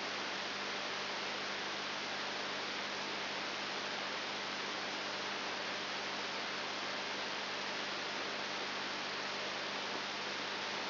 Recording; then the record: brain microelectrode recording played as sound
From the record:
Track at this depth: outside the subthalamic nucleus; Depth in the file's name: 6.9 mm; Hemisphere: left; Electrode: 3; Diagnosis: Parkinson's disease